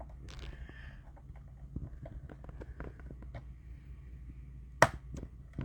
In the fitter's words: nice solid click there it is okay